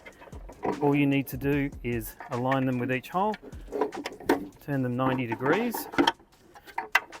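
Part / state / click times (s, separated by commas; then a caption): locking knuckle into a concrete pool lid frame / seated / 6.8 s, 6.9 s. Someone talks while plastic locking knuckles of an AQUEA V-LOCK M60 pool lid are lined up with the holes in the lid and turned 90° to lock them into the concrete pool lid frame. Sharp ratchet-like mechanical clicks sound at about 6.8 s and 7.0 s as a knuckle twist-locks into place, and the four knuckles end up locked.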